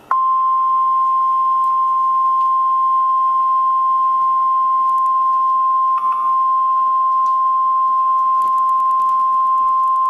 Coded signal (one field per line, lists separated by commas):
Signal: Emergency Alert System (SAME) tones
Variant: 1050 Hz attention tone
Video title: (2x HEADER) EAS #693/694: Severe Weather Statement/Tornado Warning (5/31/2013)